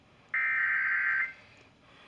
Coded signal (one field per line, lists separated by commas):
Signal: Emergency Alert System (SAME) tones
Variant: header bursts